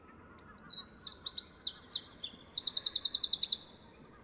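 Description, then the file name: Eurasian wren song: a loud, very high run of rapid tinkling notes and trills, then a fast rattling trill of about a dozen notes, over steady background noise. "Troglodytes troglodytes"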